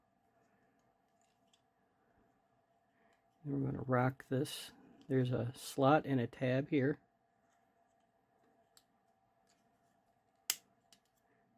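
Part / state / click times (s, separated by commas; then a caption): plastic tab of an action figure part into a slot on the figure / seated / 10.5 s. During transformation of a plastic Transformers Age of the Primes Solus Prime action figure, a part is rocked so its plastic tab goes into a slot on the figure. Someone talks briefly, then after a quiet pause the part snaps home with a single sharp plastic click at 10.5 s. The part is seated in place.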